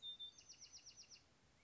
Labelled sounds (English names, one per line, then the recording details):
Bewick's Wren
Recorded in Sonoma County, California